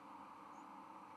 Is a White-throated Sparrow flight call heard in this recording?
no